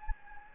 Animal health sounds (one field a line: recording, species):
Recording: mosquito wingbeat signal from an infrared sensor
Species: Anopheles gambiae